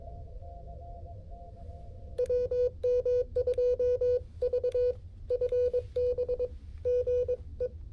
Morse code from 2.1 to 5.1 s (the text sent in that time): WM2V